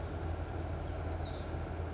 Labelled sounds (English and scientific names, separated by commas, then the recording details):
Lazuli Bunting (Passerina amoena)
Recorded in Sonoma County, California